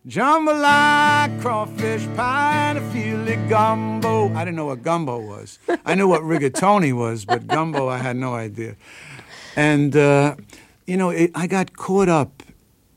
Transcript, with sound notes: Jambalaya, crawfish pie and a file gumbo.
I didn't know what gumbo was.
(Laughter).
I knew what rigatoni was.
(Laughter).
But gumbo, I had no idea. And, you know, it - I got caught up